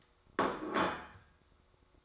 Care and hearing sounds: daily activity, microphone in the room; place plate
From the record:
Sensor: 3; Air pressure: 1004.3 hPa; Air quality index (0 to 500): 197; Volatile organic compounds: 14 ppm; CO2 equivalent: 2463 ppm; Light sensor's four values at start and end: 4/11/4/4 and 4/11/4/4

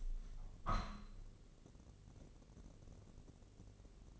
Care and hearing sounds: daily activity, microphone in the room; open window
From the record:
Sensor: 4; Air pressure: 1013.0 hPa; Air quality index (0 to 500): 168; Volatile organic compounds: 2 ppm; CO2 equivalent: 1057 ppm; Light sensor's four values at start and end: 38/95/38/39 and 42/103/42/43

